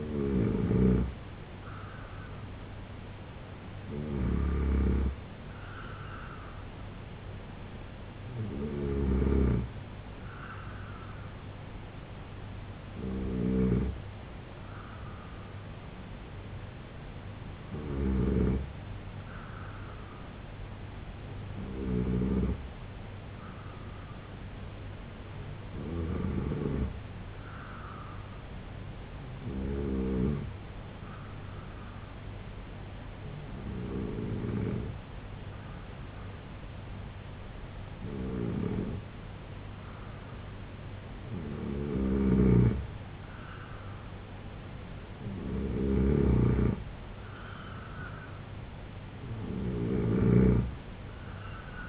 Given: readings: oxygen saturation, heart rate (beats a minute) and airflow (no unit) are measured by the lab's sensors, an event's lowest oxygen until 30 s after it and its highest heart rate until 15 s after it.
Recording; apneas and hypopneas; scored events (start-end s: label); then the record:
breathing in sleep by a voice recorder at the bedside; 1
27.00-44.00 s: hypopnea (N2, oxygen 92% highest, then 87% lowest, heart rate 69 at the start, 79 highest)
From the record:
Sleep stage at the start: N2 (light sleep); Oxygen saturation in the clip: 89 to 92%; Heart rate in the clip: 69 to 79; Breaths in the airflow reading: 13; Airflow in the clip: -3.3 to 5.9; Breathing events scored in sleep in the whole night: 258 in 7.4 hours asleep